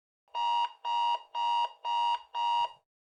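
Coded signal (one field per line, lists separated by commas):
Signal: none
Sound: timer end beeps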